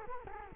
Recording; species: mosquito wingbeat signal from an infrared sensor; Culex quinquefasciatus